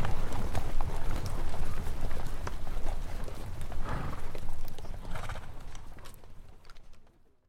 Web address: Hollywood Edge Historical Series War Horses Armies Weapons 50 Horses Walk By